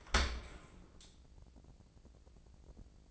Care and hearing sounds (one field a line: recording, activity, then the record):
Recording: daily activity, microphone in the room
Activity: open dishwasher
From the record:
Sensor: 5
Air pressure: 1012.4 hPa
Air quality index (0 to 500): 158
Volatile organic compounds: 2 ppm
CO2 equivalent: 1075 ppm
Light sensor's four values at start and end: 109/262/111/124 and 109/262/111/123